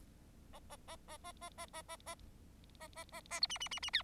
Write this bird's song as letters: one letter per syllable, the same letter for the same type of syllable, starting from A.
A A A A A A A A A A A A A A B C C C C D